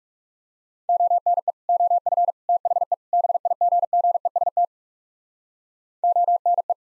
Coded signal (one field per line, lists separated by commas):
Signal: Morse code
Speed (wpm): 36 wpm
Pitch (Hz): 700 Hz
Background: none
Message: ONE OF THE BIGGEST ONE